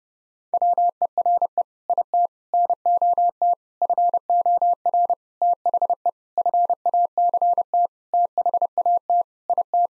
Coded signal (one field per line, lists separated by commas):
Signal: Morse code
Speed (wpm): 30 wpm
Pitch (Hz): 700 Hz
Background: none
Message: WERE IT NOT FOR THE FACT THAT IT